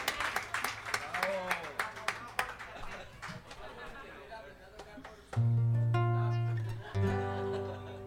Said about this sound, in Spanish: Por favor, un aplauso, que está haciendo su mayor esfuerzo.